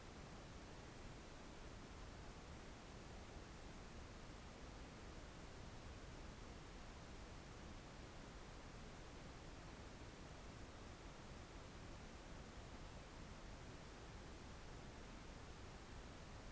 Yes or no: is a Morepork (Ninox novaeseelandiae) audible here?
no